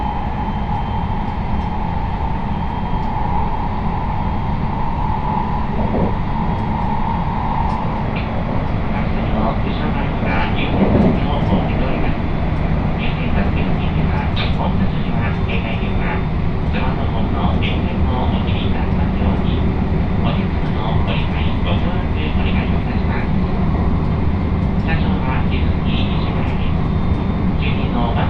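A train on the Sanyo and Ako lines rumbles steadily with a low hum, a tone fading near eight seconds, then scattered clicks and faint voices.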